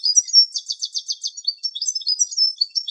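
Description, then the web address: European goldfinch calls: rapid, high, tinkling twitters in quick bursts, chattering almost continuously over three seconds with no other clear sounds. "Carduelis carduelis"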